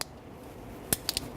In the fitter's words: it clicks in all right so